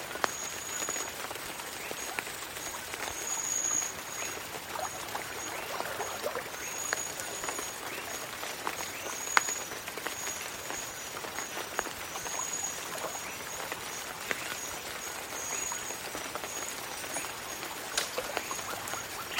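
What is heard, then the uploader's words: Jungle swamp ambience with a steady, dense patter of rain spread across the whole clip, light drops ticking in the mid and upper range. A thin, high insect or frog whine holds constant underneath, with occasional sharper clicks and drips, one notable near ten seconds. Jungle swamp ambience. Quiet Ripples.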